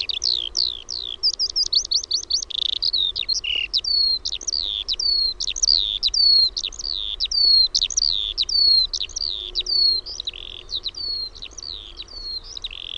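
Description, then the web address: Eurasian skylark song, a long stream of sharp downslurred chirps and twittering phrases, steady and high. "OMAT AANITYKSET KIURU"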